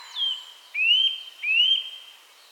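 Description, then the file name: Eurasian nuthatch gives clear whistled calls: a falling note, then two rising upslurred whistles about two-thirds of a second apart. "Sitta europaea"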